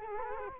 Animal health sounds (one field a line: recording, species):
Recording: mosquito wingbeat signal from an infrared sensor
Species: Culex quinquefasciatus